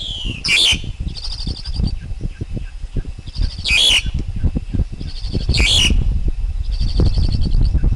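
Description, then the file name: Black-collared Starling giving repeated raspy screeches and rattling trills, accompanied by strong low rumbling or wind-like noise throughout. Wild forest bird's song, used for teaching young birds to sing. "Tieng chim ca cuong rung tap chim con hot"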